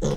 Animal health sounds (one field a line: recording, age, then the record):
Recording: pig call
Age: piglet (1 to 25 days)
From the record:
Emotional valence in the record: negative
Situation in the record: long isolation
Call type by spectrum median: low-frequency call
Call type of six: low-frequency stable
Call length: 0.17 s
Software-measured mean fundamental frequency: 69 Hz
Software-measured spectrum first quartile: 137 Hz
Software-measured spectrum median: 361 Hz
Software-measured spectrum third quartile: 768 Hz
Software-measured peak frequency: 491 Hz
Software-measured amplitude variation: 81 dB a second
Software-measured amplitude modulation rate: 20.6 a second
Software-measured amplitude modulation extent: 3.9 dB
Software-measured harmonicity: 2.8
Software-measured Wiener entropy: -1.21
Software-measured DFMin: 1158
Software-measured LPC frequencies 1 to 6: 444, 3415, 5246, 6466, 7597, 8656 Hz